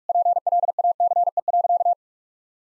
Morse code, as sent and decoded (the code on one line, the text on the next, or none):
.--. .-.. .- -.-. . .-.-.-
PLACE.